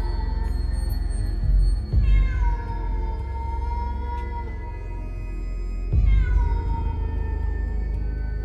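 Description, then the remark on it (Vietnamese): A cat jumping around a house lets out long, drawn-out mournful yowls, two sustained wavering cries rising sharply then sliding slowly downward, loud and alone with no talking. “Đầu đầy tiếng con mèo vẫn cứ nhảy nhót quanh nhà, kêu lên thê thiết.”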